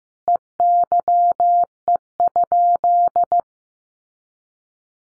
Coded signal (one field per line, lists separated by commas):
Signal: Morse code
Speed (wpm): 14 wpm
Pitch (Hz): 700 Hz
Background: none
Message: EYE?